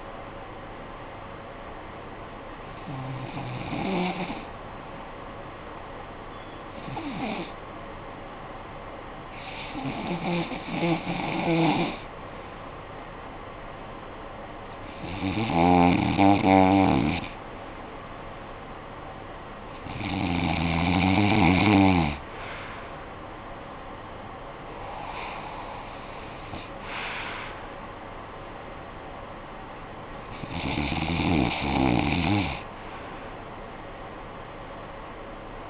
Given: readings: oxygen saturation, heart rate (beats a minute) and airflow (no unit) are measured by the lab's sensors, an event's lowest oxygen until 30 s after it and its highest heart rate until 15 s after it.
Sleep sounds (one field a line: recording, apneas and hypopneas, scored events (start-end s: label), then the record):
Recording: breathing in sleep by a voice recorder at the bedside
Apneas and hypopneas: 1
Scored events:
4.00-17.50 s: hypopnea (REM, oxygen 95% highest, then 92% lowest, heart rate 63 at the start, 69 highest)
From the record:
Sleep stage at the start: REM sleep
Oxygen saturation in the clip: 92 to 95%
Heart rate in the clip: 54 to 69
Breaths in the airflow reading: 7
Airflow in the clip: -14.8 to 8.5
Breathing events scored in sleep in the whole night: 445 in 7.6 hours asleep